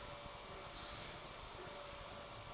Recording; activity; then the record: daily activity, microphone in the room; vacuum cleaning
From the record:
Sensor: 5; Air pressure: 1012.0 hPa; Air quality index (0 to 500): 247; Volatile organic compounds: 5 ppm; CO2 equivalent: 1706 ppm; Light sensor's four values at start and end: 36/83/34/35 and 36/83/34/35